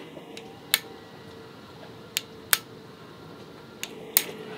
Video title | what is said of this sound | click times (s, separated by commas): Maintenance: Fuel injector servicing Volvo Penta | nice little click which is great for gorilla hands like me when | 0.7 s, 2.5 s, 4.2 s